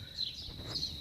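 A shift cable end bushing is being pushed back onto the transmission linkage stud of an $800 Trailblazer for a second time. The clip holds only low rumbling noise and faint chirp-like tones near 4 kHz, with no sharp sound. The bushing has not snapped or seated onto the stud yet.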